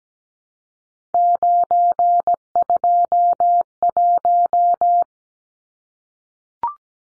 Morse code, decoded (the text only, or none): 921